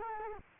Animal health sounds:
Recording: mosquito wingbeat signal from an infrared sensor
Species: Culex quinquefasciatus

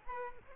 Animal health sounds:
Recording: mosquito wingbeat signal from an infrared sensor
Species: Aedes aegypti

